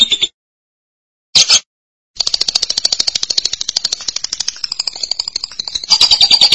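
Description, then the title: Lovebird chattering song: rapid, buzzy, high-pitched pulses in a steady stream, broken by two short bursts and silent gaps early on. "BM Suara Burung Lovebird"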